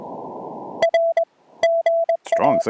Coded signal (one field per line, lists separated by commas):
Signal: Morse code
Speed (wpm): 21 wpm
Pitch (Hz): 670 Hz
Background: speech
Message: R GA